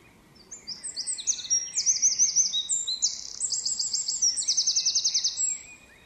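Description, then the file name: Eurasian wren song: a loud, rapid burst of high, sharp notes and fast rattling trills lasting about five seconds, ending abruptly, over faint background hiss. "Troglodytes troglodytes"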